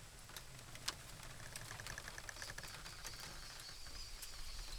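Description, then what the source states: Bird calls, a short run of quick, evenly spaced mid-pitched notes over steady wind noise, with scattered sharp cracking clicks throughout. Recorded in a bamboo grove on a windy day, with birds and many cracking sounds.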